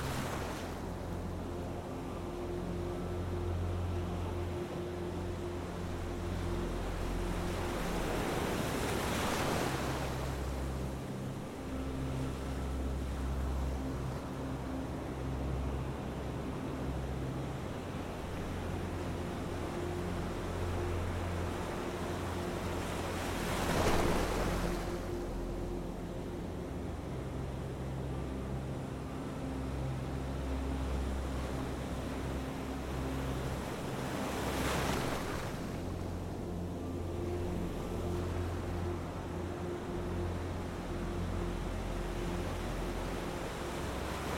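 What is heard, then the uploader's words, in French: Relaxing music blends with the sound of ocean waves. Soft, sustained low notes hold and shift slowly throughout, over a steady wash of water. Waves swell and break three times, near 9, 24 and 35 seconds. MUSIQUE Relaxante et Sons OCEANIQUES. La musique relaxante se mêle harmonieusement aux sons apaisants des vagues de l'océan.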